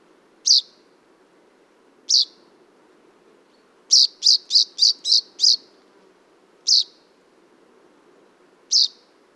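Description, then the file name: Common chaffinch calls: short sharp high notes, mostly spaced about two seconds apart, with a quick run of six in a row midway; faint low background hum. "Fringilla coelebs"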